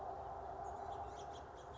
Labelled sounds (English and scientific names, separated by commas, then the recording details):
House Finch (Haemorhous mexicanus)
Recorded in Sonoma County, California